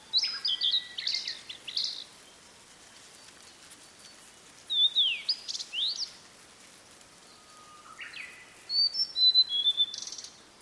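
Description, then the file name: Blue-and-white flycatcher song: three bursts of high whistles and rasping notes, some sliding down sharply, with a brief low whistle before the last burst. "oruri"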